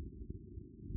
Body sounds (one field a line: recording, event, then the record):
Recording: neck accelerometer signal played as sound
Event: no cough (speech, laughter, throat clearing or background)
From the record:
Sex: male